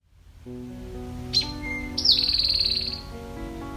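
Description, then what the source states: Eastern Towhee song: a sharp high note, a lower short note, then a fast buzzy trill lasting about a second, over steady low tonal background sound. Most common song of the species, known by the mnemonic 'drink your tea'; the song has some variations.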